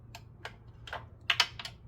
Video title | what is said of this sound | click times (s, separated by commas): 2011 Grand Caravan Putting It All Back Together | point okay then again on those 89 inbs he that double audible click all torque | 1.3 s, 1.4 s